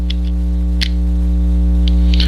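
During reassembly of a Colt/Umarex .22 pistol, a slotted metal internal part is lined up so its slot meets the hammer strut in the pistol frame, ready to be pushed home. A steady electrical hum runs throughout, with a few short handling ticks at about 0.1, 0.8, 2.1 and 2.2 seconds. The clip ends before the part goes home, so nothing has seated yet.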